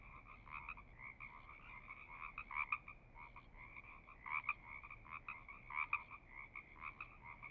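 Frog croaking: buzzy pulsed notes in two bands, with louder bursts around three, four and six seconds.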